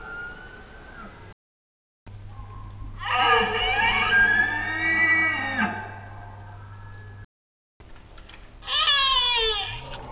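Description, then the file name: Bactrian deer calling: a long rich harmonic bugle in the middle, then a shorter high wavering call at the end, over a low steady hum. Male. "Cervus elaphus bactrianus 1 male"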